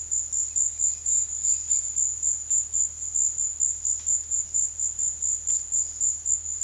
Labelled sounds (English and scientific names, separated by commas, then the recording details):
none
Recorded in secondary vegetation near Puerto Asís, Putumayo, Colombia, on 22 June 2025 at 16:00
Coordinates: 0.500, -76.326
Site GP08